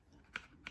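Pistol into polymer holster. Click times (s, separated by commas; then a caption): 0.4 s. A Micro Dagger compact pistol is pushed into a Crossbreed N8 Multi Flex polymer multi-fit outside-the-waistband holster and seats with a sharp retention click at 0.4 s, a very positive click. A second short sharp sound follows at 0.7 s over quiet background noise.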